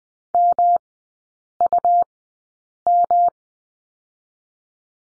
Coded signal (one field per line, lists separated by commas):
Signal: Morse code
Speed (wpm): 19 wpm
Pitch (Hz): 700 Hz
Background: none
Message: MUM